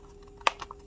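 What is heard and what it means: A small rubber piece on a TBS Tango 2 module bay housing, which had not snapped all the way in, is pressed home. A sharp click at 0.5 s marks it snapping fully in, followed by a few fainter ticks, and the piece is seated.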